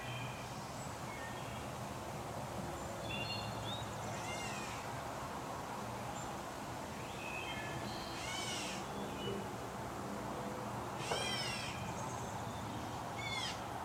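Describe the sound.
Blue jay fledglings giving harsh, harmonic-rich squealing calls in several spaced bursts, some rising then falling, over a steady low background hum.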